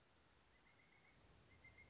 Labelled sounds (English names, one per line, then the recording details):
Pileated Woodpecker
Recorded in Sonoma County, California